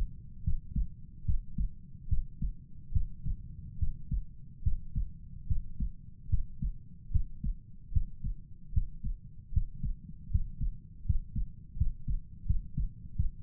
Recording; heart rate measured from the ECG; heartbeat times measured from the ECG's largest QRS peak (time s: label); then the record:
heart sounds by stethoscope; 75 bpm
0.43 s: heartbeat
1.25 s: heartbeat
2.08 s: heartbeat
2.92 s: heartbeat
3.78 s: heartbeat
4.63 s: heartbeat
5.47 s: heartbeat
6.29 s: heartbeat
7.11 s: heartbeat
7.92 s: heartbeat
8.73 s: heartbeat
9.52 s: heartbeat
10.30 s: heartbeat
11.05 s: heartbeat
11.77 s: heartbeat
12.46 s: heartbeat
13.16 s: heartbeat
From the record:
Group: healthy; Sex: male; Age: 35 years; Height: 178 cm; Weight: 64 kg